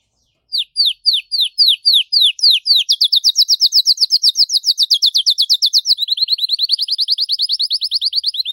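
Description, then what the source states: Canary song: a few slow, separate downslurred whistles, then a fast, even roll of rapidly repeated notes that drops slightly in pitch midway and carries on to the end. Belgian canary breed, blue colour; singing.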